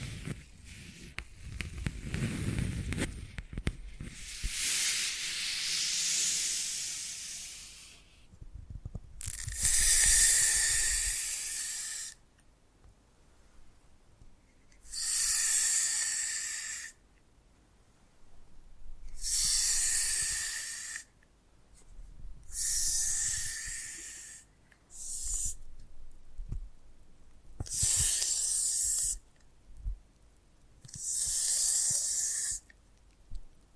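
Foam massage: a run of bright, airy hissing bursts, each lasting one to three seconds, separated by short silences and recurring about every two to three seconds. The first few seconds hold low rubbing and handling thumps before the hissing begins.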